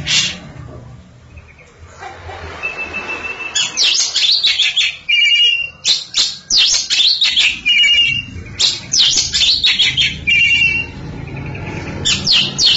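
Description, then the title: Oriental magpie-robin, lively, varied song phrases of sharp chips, slurred whistles and quick trills, repeated with short pauses. Champion singing bird. "Kicau Burung Kacer Juara"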